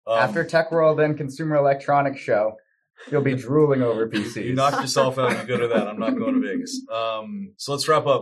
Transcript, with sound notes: After Tech World and Consumer Electronics Show, you’ll be drooling over PCs.
*laughs* You knock yourself out and go to that. I’m not going to Vegas. So, let’s wrap up.